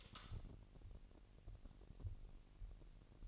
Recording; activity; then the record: daily activity, microphone in the room; light on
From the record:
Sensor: 4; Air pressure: 1002.7 hPa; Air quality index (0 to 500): 248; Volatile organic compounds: 17 ppm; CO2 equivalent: 2587 ppm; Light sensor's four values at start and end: 6/13/5/5 and 7/16/6/7